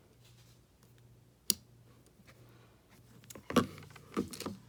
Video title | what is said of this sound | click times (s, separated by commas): Ion Pathfinder Charger Speaker | until you hear the click onto the new battery | 1.5 s